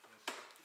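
A wiring connector at the rear console in the back of a Tesla Model 3/Y, during an ambient light installation, is pushed back into its mating socket. A single sharp click is heard at 0.3 s, over faint background noise. The connector pops back in and is seated.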